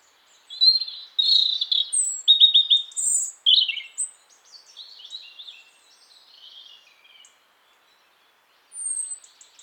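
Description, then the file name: European robin song, a run of sweet warbles and short trills, then softer fading twitters, silence, and a final thin high whistle. "Erithacus rubecula"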